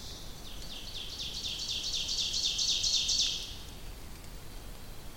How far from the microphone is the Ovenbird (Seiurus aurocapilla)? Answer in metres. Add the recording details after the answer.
about 20 m. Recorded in boreal forest in Alberta, Canada, on 2 June 2016 at 08:07. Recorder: SongMeter 3, array SBT-3-7. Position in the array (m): 261 m, 13 m. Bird 10